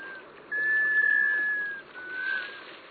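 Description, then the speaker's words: Black scoter giving one long, pure whistled note lasting over a second, followed by a shorter, softer whistle. Male calling on a brisk November day across a northern bay; notes drawn out, eerily musical, heard from far away; sea duck wintering on saltwater bays. "You're hearing the call of a male black scoter."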